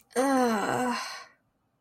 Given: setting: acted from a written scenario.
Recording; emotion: vocal sound without words; shame